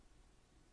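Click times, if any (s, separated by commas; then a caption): none. A RAM memory module is handled at the memory slot of a MacBook laptop, inserted at an angle before being pushed down under the slot's side retaining clips. Only a faint, steady low hiss is heard, with no distinct hits or clicks. The module has not snapped into place yet.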